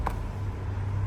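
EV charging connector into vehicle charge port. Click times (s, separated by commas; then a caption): 0.1 s. The cable connector from a Volta (Shell Recharge) public charger is plugged into the charge port of a 2024 Lexus TX 550h+ plug-in hybrid SUV, producing a single short, sharp click at 0.1 s over a steady low hum. The connector locks into place, and a green light follows once charging activates.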